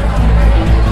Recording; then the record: background sound without coughing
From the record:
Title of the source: Party Noise 1 Hour Party Ambience